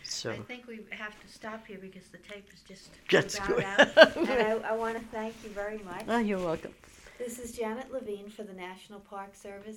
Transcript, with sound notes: I think we have to stop here because the tape is just, running out. (laughs) And I want to thank you very much.
Oh, you're welcome.
This is Janet Levine for the National Park Service.